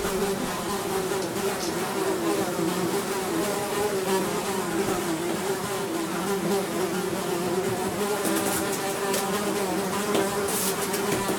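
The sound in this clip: Fly: flies humming in a constant low buzz, the pitch drifting slightly, with a few faint ticks and clicks toward the end.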